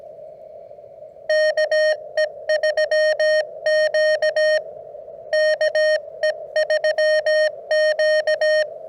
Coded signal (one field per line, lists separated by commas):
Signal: Morse code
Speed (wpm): 17 wpm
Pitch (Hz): 620 Hz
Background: none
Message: KE3Q KE3Q